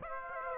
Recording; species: mosquito wingbeat signal from an infrared sensor; Aedes aegypti